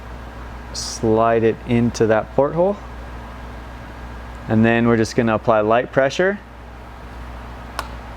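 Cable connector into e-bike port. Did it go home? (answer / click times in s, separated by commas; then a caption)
yes / 7.8 s. A cable connector is slid into the second port on an e-bike and pushed in with light pressure while someone talks over a steady low hum. After the talking stops, a slight, sharp click at 7.8 seconds shows the connector has seated in the port.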